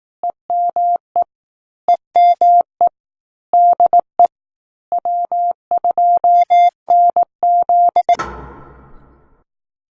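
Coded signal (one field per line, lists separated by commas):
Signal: Morse code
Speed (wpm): 18 wpm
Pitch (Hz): 700 Hz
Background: none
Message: EME EME DE W2NZ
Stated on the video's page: Final CW transmissions on 500 kHz between English, Irish and other European coastal distress watch stations at the close of the maritime distress service.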